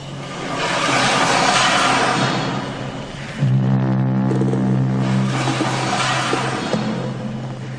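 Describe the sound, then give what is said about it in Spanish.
A heavy door drags across debris, glass and plastic with a loud, gritty scraping rush, breaking midway into a low droning groan before the harsh scraping returns. No voices. “La puerta, esa arrastra todo lo que tenía delante. Escombros, cristales, plásticos, todo lo que había ahí, la arrastra.”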